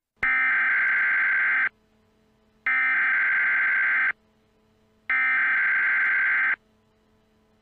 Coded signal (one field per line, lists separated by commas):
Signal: Emergency Alert System (SAME) tones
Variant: header bursts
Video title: EAS Scenario 42: Get fooled 2: April 1st (April fools day Special)